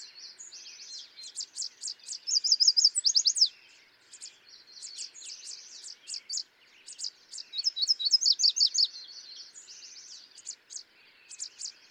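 Yellow warbler giving sweet, high, fast phrases twice, each rising in loudness to a rushed ending, with softer high birdsong continuing between.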